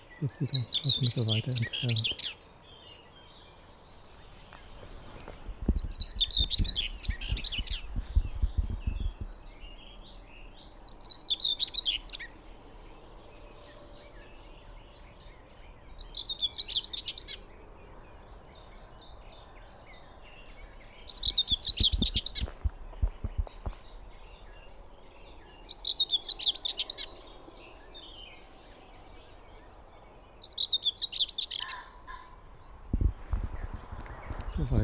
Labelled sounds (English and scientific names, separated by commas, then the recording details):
Common Whitethroat (Sylvia communis) song
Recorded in the wild
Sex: male
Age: adult
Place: Hobrechtsfelder Rieselfelder, Naturpark Barnim, Brandenburg, DE
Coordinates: 52.6747, 13.5104
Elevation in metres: 65
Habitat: meadow
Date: 2014-05-04
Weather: cloudy, 5°C, weak wind
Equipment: Sound Devices 702, Sennheiser MKH 70, Rycote Windschutz
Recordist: Frommolt, Karl-Heinz